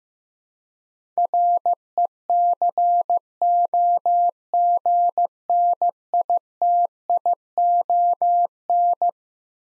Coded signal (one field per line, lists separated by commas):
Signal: Morse code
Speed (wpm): 15 wpm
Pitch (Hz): 700 Hz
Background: none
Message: RECOGNITION